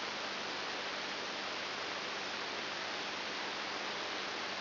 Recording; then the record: brain microelectrode recording played as sound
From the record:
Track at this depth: inside the subthalamic nucleus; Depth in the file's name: 5.701 mm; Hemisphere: left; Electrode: 3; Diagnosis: Parkinson's disease